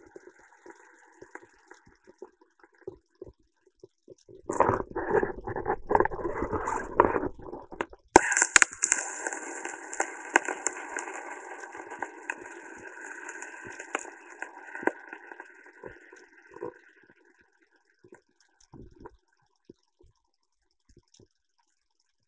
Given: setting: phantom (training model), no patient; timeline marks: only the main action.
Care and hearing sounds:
laparoscopic instrument, vibration sensor on the handle end
0.00-3.33 s: coagulation
8.06-20.77 s: coagulation
From the record:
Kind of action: gesture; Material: ex-vivo porcine liver

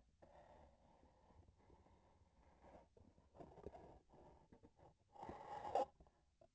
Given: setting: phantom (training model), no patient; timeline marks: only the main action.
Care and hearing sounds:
laparoscopic instrument, vibration sensor on the handle end
2.95-4.94 s: palpation
From the record:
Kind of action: gesture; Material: synthetic tissue

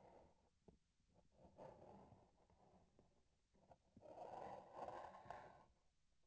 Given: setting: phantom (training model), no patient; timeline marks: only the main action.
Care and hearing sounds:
laparoscopic instrument, vibration sensor on the handle end
1.05-3.38 s: palpation
From the record:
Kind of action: gesture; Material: synthetic tissue

